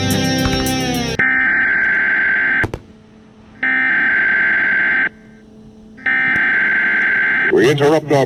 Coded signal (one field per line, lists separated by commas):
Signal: Emergency Alert System (SAME) tones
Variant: header bursts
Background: speech